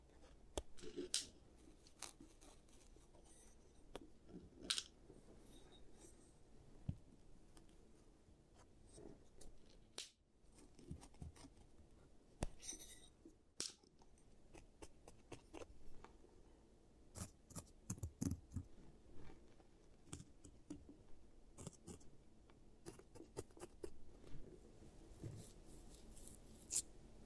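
Giant teeth treatment sounds for fixing cavities: a quiet run of scraping, tapping and clicking handling noises. Sharp bright clicks land every second or two, most densely after about fifteen seconds, over a soft low rustle that never stops.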